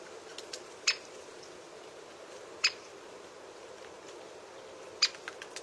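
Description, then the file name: Great spotted woodpecker uttering abrupt, high, clipped kik calls, three clear notes spaced about two seconds apart, plus a few weaker ticks, over faint steady noise. "Canto do pica pau malhado grande"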